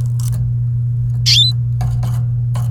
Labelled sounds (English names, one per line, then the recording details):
Domestic Canary song
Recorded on 28 April 2018 at 17:49
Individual llb3